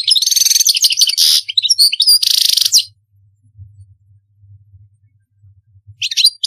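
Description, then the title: European goldfinch song, a fast run of liquid twitters and harsh buzzy trills for about three seconds, followed by quiet with low humming and a brief twitter at the end. "Chant Chardonneret"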